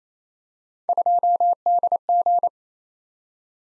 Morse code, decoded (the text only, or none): 2DG